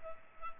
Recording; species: mosquito wingbeat signal from an infrared sensor; Culex pipiens